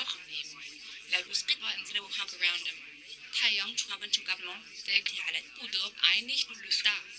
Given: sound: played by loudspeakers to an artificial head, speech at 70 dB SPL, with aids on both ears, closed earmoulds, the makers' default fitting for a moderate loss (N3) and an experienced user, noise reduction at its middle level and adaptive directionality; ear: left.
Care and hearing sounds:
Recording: speech test signal (ISTS) in cocktail-party noise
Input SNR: +6 dB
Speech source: in front (0 degrees)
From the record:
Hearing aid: class 2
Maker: H

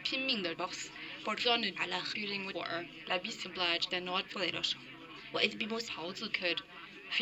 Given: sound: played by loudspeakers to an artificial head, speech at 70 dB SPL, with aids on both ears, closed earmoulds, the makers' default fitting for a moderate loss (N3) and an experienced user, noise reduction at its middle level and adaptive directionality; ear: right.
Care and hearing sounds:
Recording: speech test signal (ISTS) in cocktail-party noise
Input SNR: +9 dB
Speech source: on the right (90 degrees)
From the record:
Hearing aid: class 1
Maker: D

